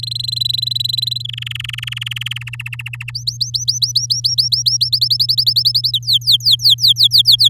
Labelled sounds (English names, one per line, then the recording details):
Domestic Canary song
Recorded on 10 May 2018 at 11:51
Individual llb16